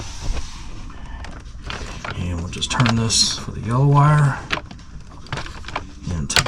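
A torque screwdriver with a square-drive bit is turned on the terminal screw for the yellow 12 gauge wire in an RV power converter panel while someone talks. Small ratcheting ticks are heard, then the screwdriver clicks at the rated torque at 6.3 s.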